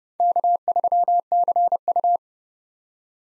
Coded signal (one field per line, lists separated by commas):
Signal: Morse code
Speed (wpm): 30 wpm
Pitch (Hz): 700 Hz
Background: none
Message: K3CU